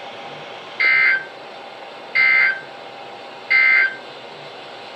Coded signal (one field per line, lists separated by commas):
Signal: Emergency Alert System (SAME) tones